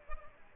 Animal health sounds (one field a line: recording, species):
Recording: mosquito wingbeat signal from an infrared sensor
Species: Aedes aegypti